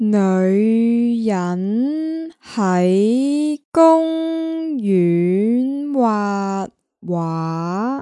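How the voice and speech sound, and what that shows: One adult speaks in very slow, drawn-out syllables, roughly one per second, with stretched vowels and short pauses between them. The voice is clear and steady, but the delivery is halting and word by word. This effortful, non-fluent speech fits aphasia.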